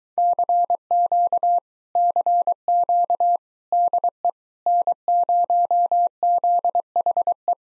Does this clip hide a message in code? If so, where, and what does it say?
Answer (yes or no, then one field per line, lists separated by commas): yes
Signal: Morse code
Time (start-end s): 0.2-7.5 s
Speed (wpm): 24 wpm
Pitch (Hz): 700 Hz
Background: none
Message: CQ CQ DE N0ZHE